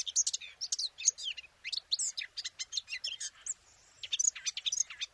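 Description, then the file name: Eurasian blackcap singing a rapid, jumbled warble of sharp chips and short whistles, with a short break before a final burst of notes. "Sylvia atricapilla"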